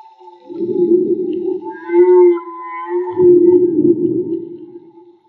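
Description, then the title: Whale sounds: two long, heavy groans with a brief tonal swell between and faint higher harmonic moans above. Field recording made with DIY hydrophones built by the recordist; audio cleaned afterward. "CANTO DE BALLENAS MAGMA"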